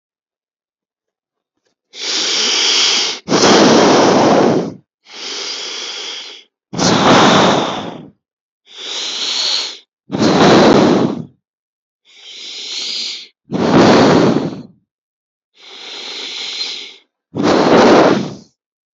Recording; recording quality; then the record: deep breathing; excellent, no background noise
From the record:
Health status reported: healthy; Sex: male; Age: 40 years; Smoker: yes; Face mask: not worn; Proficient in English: yes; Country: India